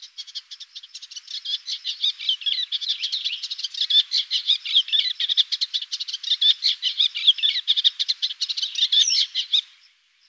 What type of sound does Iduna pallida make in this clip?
song